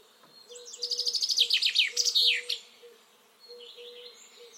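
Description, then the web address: Common chaffinch singing one descending trill of sweet notes ending in a flourish, followed by faint twittering and a soft low repeated tone. "Deverinetal 2025 File origin Bird Only Fr Co"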